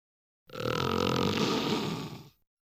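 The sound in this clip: Tiger's single throaty growl lasting about two seconds, rough and pulsing, swelling quickly then tailing off.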